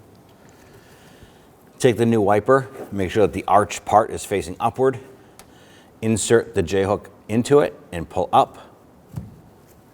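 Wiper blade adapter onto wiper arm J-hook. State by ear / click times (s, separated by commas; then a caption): not seated / none. A new wiper blade is handled onto the metal J-hook of the wiper arm on a 2006-2014 Honda Ridgeline, with the arch part facing upward, while someone talks. Short handling knocks are heard around 5.4 s and 9.2 s. The blade's plastic adapter has not yet snapped into place on the J-hook, so nothing has seated or clicked yet.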